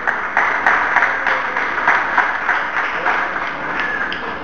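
A crowd applauds steadily for the members of the collective La Otra Historia as they are introduced, a dense wash of many hands clapping at once that holds at an even, fairly loud level without breaks.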